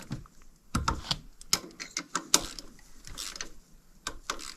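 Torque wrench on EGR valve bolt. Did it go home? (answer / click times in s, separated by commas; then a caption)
yes / 2.3 s. A click-type torque wrench set to 71 inch-pounds tightens an EGR valve bolt on a Mercedes Sprinter van engine, with a run of short ratcheting clicks. The wrench gives its sharp, loudest click at 2.3 s, confirming the bolt is torqued to 71 inch-pounds.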